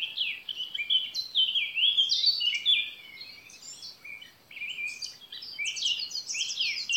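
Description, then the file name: Eurasian blackcap song, a rambling stream of quick chattering and whistled notes that dips briefly midway, then resumes with bright, jumbled high phrases. "Sylvia atricapilla"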